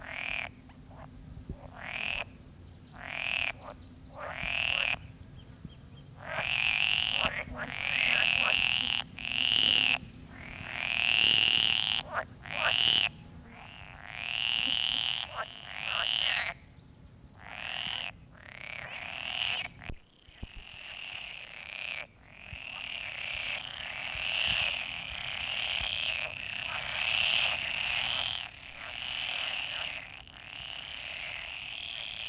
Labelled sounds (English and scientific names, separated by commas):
Pool Frog (Pelophylax lessonae) call